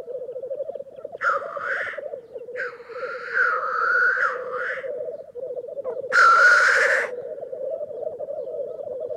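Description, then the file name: Black grouse with a steady bubbling, rolling coo throughout and three hoarse hissing wheezes, the last one loudest and broadest. "Digiffects Sound Effects Library - Black Grouse Bird"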